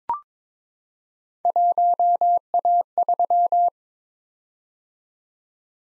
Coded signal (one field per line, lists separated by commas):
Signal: Morse code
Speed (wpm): 22 wpm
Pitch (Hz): 700 Hz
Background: none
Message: 1A3